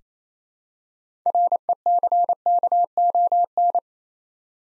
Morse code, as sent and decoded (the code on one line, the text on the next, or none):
.-. . -.-. -.- --- -.
RECKON